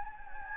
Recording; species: mosquito wingbeat signal from an infrared sensor; Anopheles gambiae